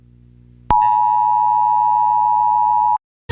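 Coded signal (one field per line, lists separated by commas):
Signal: Emergency Alert System (SAME) tones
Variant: 853 and 960 Hz attention tone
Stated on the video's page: Simulated, edited EAS alarm.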